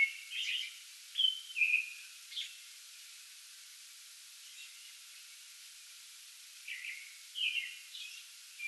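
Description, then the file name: American robin singing a few brief whistled caroling phrases, a pause of several seconds, then more phrases resuming near the end, with soft background hiss. Pre-dawn song bout recorded 8 May 2022. "2022-05-08 American Robin pre-dawn song bout"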